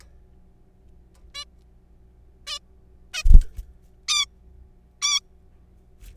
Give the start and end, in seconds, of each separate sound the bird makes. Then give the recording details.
1.35-1.44, 2.47-2.59, 3.14-3.23, 4.08-4.26, 5.02-5.20. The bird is a juvenile. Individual R3428